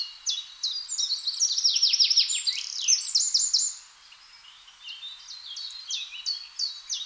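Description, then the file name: Eurasian wren singing a rapid, high-pitched burst of trills and twittering notes, then quieter spaced chips and brief phrases in the second half. "Troglodytes troglodytes"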